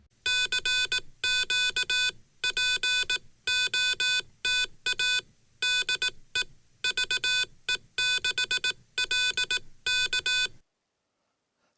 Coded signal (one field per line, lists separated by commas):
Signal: Morse code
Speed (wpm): 18 wpm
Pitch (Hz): 1500 Hz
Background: none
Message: CQ POTA DE VE6LK